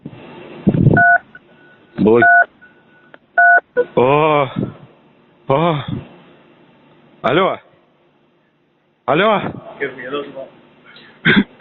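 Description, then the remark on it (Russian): During a phone call to block a personal account, three short telephone beep tones sound in a steady, evenly spaced row, each a clear dual-pitched electronic blip, followed by bursts of a voice speaking in fragments. “После 3 звуковых сигналов озвучиваете слово «блокировка».”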